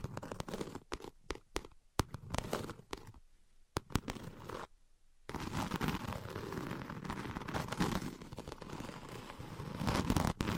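Sharp, irregular taps crack out amid brief silences, then from about five seconds a dense, steady scratching takes over and grows louder toward the end.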